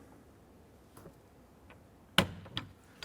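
A window crank handle is pushed onto the splined window regulator shaft through the door panel of a 1994–2004 Chevrolet S10, over a washer. Faint ticks lead up to one loud, sharp snap at 2.2 s as the handle seats, followed by a few quieter clicks. The handle is confirmed snapped into place.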